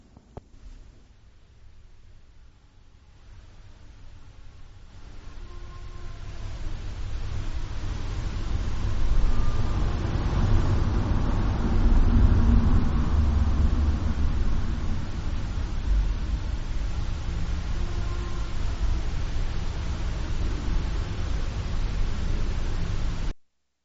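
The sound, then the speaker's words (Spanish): A car engine runs with a steady low rumble under broad hiss, starting quietly, swelling over the first several seconds, then holding a constant drone until it cuts off at the end. “Son varios lamentos, ¿eh? No solo uno, son varios lamentos antes y después del sonido del motor de un coche.”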